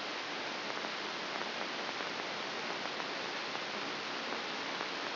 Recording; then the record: brain microelectrode recording played as sound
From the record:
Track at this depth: inside the subthalamic nucleus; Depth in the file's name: 2.831 mm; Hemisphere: left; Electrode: 3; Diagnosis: Parkinson's disease